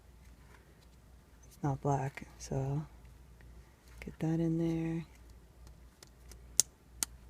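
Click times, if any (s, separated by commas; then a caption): 6.6 s, 7.0 s. On a 2003–2008 Toyota Matrix (also Pontiac Vibe), the airbag wiring connector is pressed into its socket on the steering wheel airbag module during reinstallation, while someone talks. Two sharp clicks at 6.6 s and 7.0 s mark this two-stage connector: it first clicks in, then its lock is pressed in. The connector is confirmed seated.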